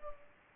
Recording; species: mosquito wingbeat signal from an infrared sensor; Culex pipiens